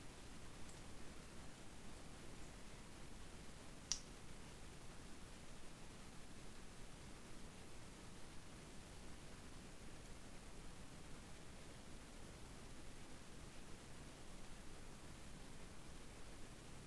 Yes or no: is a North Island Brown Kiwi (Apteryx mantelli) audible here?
no